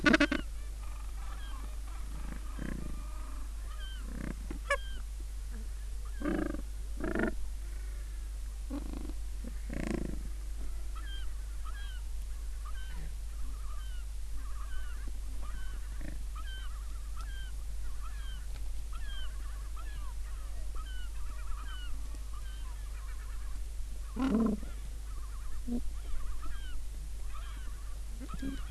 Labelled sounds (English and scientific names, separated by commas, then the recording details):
Gentoo Penguin (Pygoscelis papua)
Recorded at the colony at Booth Island, Antarctica, on 21 December 2014
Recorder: Song Meter SM2+